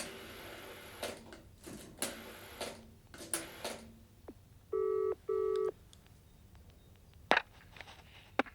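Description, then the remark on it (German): A telephone is dialed with a run of clicking and clattering sounds, then two steady, buzzy rings sound on the line, followed by a few faint clicks. “Ich muss sowieso telefonieren.”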